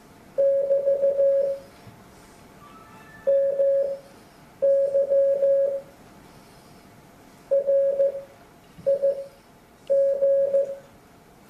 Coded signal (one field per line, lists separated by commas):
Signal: Morse code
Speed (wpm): 15 wpm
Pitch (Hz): 550 Hz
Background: none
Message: <BT> MY RIG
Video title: Copy CW in Your Head Friederichshafen 2018